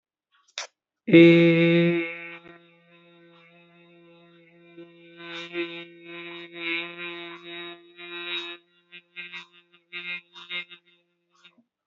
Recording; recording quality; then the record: sustained vowel as in made; excellent, no background noise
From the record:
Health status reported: healthy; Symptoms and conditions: none ticked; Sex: male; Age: 25 years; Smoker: not ticked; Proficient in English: yes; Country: India